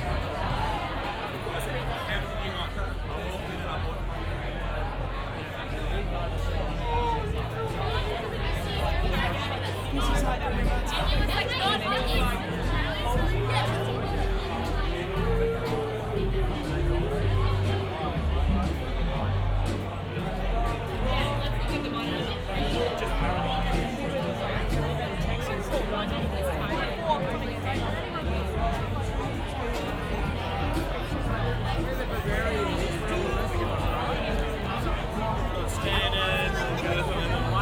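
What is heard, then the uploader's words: Busy bar and restaurant ambience: many overlapping voices form a dense, steady babble with no single conversation standing out. The level holds constant throughout, with a low rumble underneath and occasional brief clinks and louder voices rising from the crowd. Bar and Restaurant Ambience at Howard Smiths Wharves in Brisbane, Australia. Howard Smiths Wharves next to the city's iconic Story Bridge is a bustling area of bars and restaurants. Join me for a stroll past and through some of the waterside venues on a warm summer's evening.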